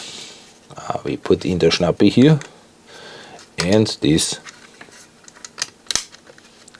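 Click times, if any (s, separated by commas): 5.9 s, 6.0 s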